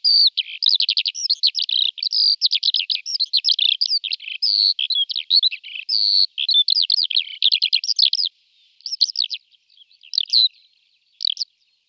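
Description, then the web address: Lark song, a fast, continuous, high warbling stream of twittering and trilled notes that breaks into shorter phrases after about eight seconds, with no other sounds. "Zavoronok"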